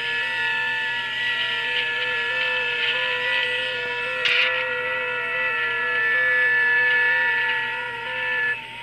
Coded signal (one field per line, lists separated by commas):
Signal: FT8